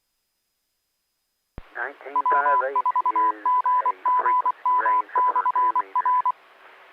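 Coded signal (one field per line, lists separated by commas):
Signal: Morse code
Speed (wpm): 24 wpm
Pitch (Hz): 1000 Hz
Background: speech, radio noise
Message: W4GGM/R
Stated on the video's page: Amateur radio club newbie net.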